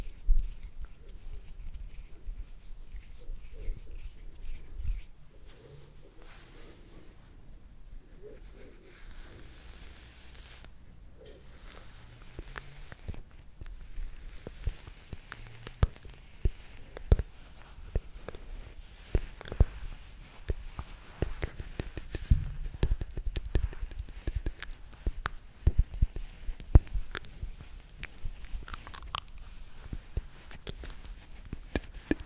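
Mouth sounds made up of wet clicks and pops, scattered irregularly across the whole stretch, sometimes several close together, sometimes spaced out. A soft low rumble runs underneath, and the clicks stay sharp and short throughout with no clear speech.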